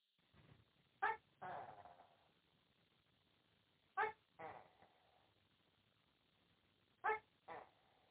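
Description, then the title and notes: Animal calling at night with sharp, hiccup-like yelps in pairs roughly every three seconds, each pair a loud clipped note then a softer, rougher one, over quiet background. Night sound heard from the street, described as a hiccupping night beast; it badly frightened the listener the first time it was heard. "Икающий ночной зверь. Звук с улицы"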